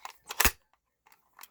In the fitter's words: comes in with a nice positive click.